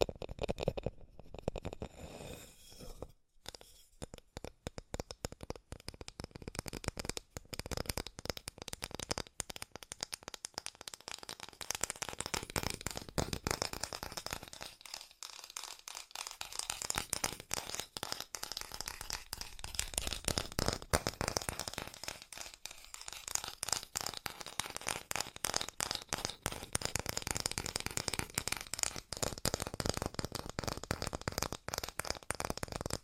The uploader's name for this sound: ASMR Fast Tapping